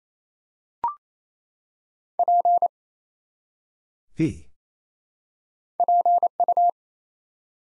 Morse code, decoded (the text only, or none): P PU